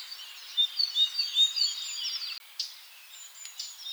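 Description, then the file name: Eurasian blackcap song: a run of bright, varied warbling notes for about two seconds, then quieter scratchy sounds and a few sharp clicks. "Sylvia atricapilla"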